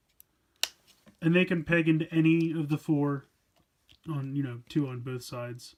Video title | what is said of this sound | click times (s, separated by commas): Voltron 84 Classic Legendary Yellow Lion Review | You can hear them snap. | 0.6 s